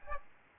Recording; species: mosquito wingbeat signal from an infrared sensor; Aedes albopictus